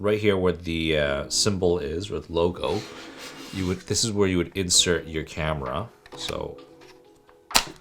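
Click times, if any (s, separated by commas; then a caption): 7.6 s. Someone talks while a camera fitted with a Ulanzi Falcam F38 quick release plate is inserted into the quick release mount at the logo mark. A sharp click at 7.6 seconds marks the plate snapping in, and it is locked into place.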